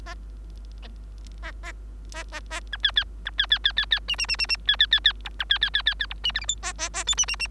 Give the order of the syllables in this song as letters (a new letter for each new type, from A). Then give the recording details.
A A A A B C C B C C C C C D D D D D C C C C E B C C C C C E D F G H A A A I D D D. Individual Bird3